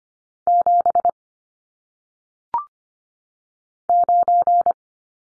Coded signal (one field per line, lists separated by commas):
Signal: Morse code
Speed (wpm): 25 wpm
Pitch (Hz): 700 Hz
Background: none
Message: 7 9